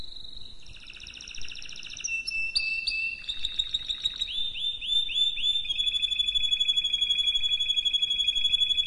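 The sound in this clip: Canary song: high trilled phrases and rolling, sliding notes, ending in sustained whistles over a rapid repeated trill.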